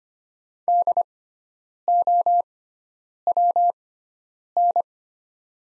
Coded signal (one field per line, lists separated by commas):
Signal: Morse code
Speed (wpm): 25 wpm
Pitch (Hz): 700 Hz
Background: none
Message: DOWN